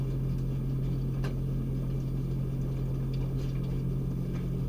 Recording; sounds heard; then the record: poultry house recording; no chicken sound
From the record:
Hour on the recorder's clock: 2